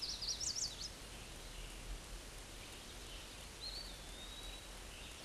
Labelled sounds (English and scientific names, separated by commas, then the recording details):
Eastern Wood-Pewee (Contopus virens) song
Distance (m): 50 m
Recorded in a Pennsylvania forest on 18 May 2023 at 10:32
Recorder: AudioMoth, point grid1_13_low
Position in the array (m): 122 m, 181 m